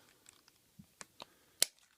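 Plastic panels and tabs on a Transformers 4 Deluxe Drift transforming toy car are fiddled into line, giving small plastic clicks and taps around 0.3, 0.5, 1.0 and 1.2 seconds. At 1.6 seconds a sharp, bright snap is heard as a plastic panel seats home into the toy's body, followed by a faint tick near 1.8 seconds.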